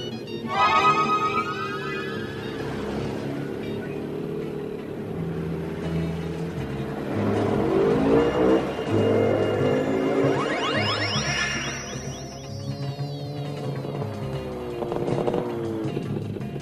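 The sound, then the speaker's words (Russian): Engines rev and whine throughout as a car and a motorcycle ridden by Uri turn around during a chase, rising and falling in pitch, with sharp high revving sweeps and a steady low rumble underneath. “Машина и Ури на мотоцикле разворачиваются.”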